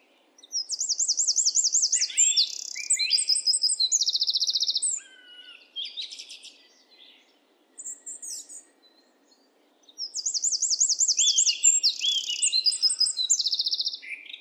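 Eurasian wren song: a loud, rapid outpouring of high trills and sharp notes lasting about four seconds, a few scattered chips, then a second full burst of song.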